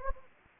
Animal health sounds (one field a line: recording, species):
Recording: mosquito wingbeat signal from an infrared sensor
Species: Anopheles gambiae